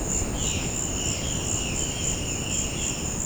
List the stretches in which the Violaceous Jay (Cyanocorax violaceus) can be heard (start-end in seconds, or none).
0.25-0.66